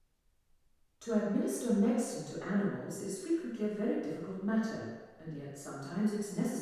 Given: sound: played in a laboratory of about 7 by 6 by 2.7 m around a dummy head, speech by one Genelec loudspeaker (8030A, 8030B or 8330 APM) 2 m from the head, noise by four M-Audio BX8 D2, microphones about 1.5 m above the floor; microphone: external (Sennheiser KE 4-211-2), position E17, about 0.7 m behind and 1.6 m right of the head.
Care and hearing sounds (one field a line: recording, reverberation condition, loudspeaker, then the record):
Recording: female speech in English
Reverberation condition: high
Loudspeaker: behind (180 degrees)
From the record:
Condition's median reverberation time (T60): about 1300 ms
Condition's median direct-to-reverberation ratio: about -4.0 dB